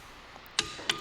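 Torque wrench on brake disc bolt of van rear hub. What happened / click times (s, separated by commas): The torque wrench clicked off at its set torque / 0.6 s, 0.9 s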